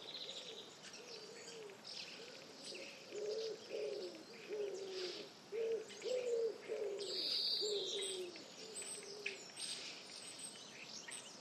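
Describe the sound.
Pigeon cooing, a series of many soft, low, hoarse coos, with brief high chirps from other birds above.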